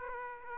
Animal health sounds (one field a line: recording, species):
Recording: mosquito wingbeat signal from an infrared sensor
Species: Aedes aegypti